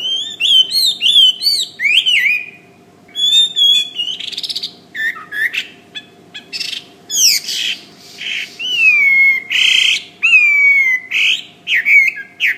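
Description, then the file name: Hwamei song, a loud varied medley of slurred whistles and harsh noisy bursts, delivered in irregular phrases with short gaps; steady low hum behind. "omkicau hwamey"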